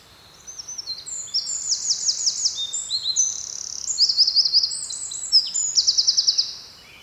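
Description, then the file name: Eurasian wren in song, pouring out a fast, shrill medley of ringing notes and dry trills for several seconds before stopping suddenly. "Troglodytes troglodytes"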